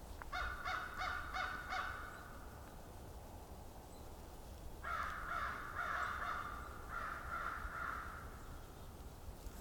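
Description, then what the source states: American Crows cawing: a run of harsh caws, a pause of a couple of seconds, then two more runs of caws, as if several birds trade calls. Several crows seemingly conversing with each other in a fairly quiet camping area, conservation area in southern Ontario, January 1st, 2021.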